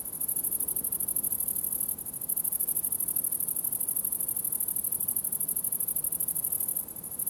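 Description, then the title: Grasshoppers giving a continuous high-pitched pulsed chirring, broken by short pauses near two seconds and near the end, above a quiet low rumble. Summer ambience at the farm of Villers Abbey, Villers-la-Ville, Belgium; several grasshoppers; recorded on Sony PCM-D100 internal microphones in wide position. "Ferme de lAbbaye de Villers, 1495 Villers-la-Ville, Belgique - Grasshoppers"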